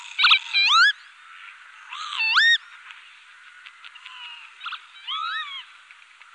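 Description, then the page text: Northern lapwing calls: nasal, upward-sweeping wheezy notes in short bursts. "Голоса птиц Европы Чибис"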